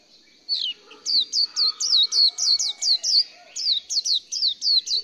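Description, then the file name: Swinhoe's white-eye singing a quick, steady string of bright, high chirps that each swoop downward, roughly four per second. "綠繡眼"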